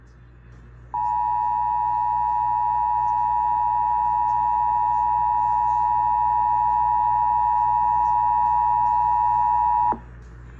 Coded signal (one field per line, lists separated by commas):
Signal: Emergency Alert System (SAME) tones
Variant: 853 and 960 Hz attention tone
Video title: July 2023 Texas Required Monthly Test (EAS #381-396)